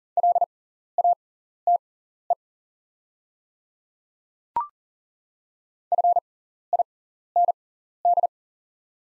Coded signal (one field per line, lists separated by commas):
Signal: Morse code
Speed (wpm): 42 wpm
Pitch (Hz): 700 Hz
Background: none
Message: LATE FIND